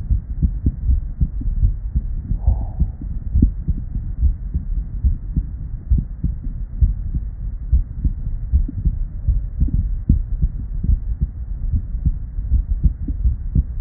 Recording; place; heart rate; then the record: heart sounds by stethoscope; Erb's point; 74 bpm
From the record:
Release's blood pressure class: hypertension stage 2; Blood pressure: 142/99 mmHg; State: at rest